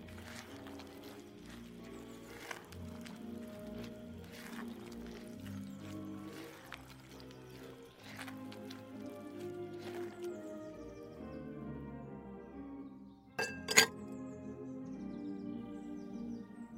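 Oldies music plays steadily throughout, with sustained mellow tones over a low bass line. Kitchen clinks of glass and utensils cut in every few seconds, and a sharper clattering burst lands around the fourteen-second mark before the music carries on.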